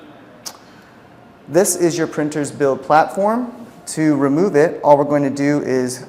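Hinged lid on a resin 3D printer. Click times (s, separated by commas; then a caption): 0.5 s. The hinged lid of a NextDent LCD1 resin 3D printer is lifted straight up and gives a soft click at 0.5 s as it holds in the raised open position. Then someone talks.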